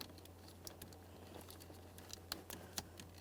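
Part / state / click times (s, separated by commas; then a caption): small wiring harness connector into ignition starter switch / not seated / none. A small plastic wiring harness connector is aligned and handled at the side of the ignition starter switch of a 1994-2001 Dodge Ram 1500, to be pressed in until it clicks. Light plastic ticks and taps sound over a steady low hum, with sharper ticks near 2.3 and 2.8 seconds. The connector has not seated or clicked yet.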